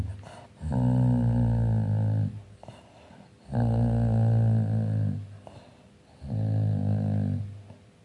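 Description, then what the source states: Dog growling in three long, low rumbling bursts, each lasting about one and a half seconds, with short quiet gaps between them. Angry dog, playing.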